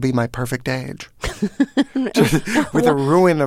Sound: laughter

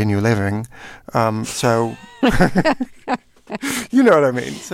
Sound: soundbite of laughter

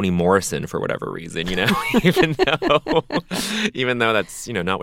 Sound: laughter

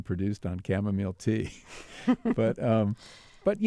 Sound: laughter

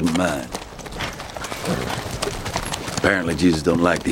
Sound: soundbite of neigh

